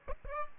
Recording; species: mosquito wingbeat signal from an infrared sensor; Aedes albopictus